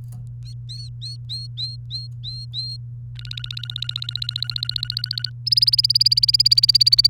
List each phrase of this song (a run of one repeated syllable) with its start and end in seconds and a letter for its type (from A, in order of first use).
0.45-2.77 A, 3.15-5.30 B, 5.46-7.07 C